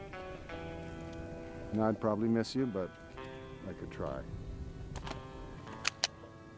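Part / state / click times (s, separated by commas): revolver hammer cocking into the full-cock notch / seated / 5.9 s, 6.0 s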